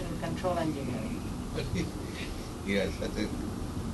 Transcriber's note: laughing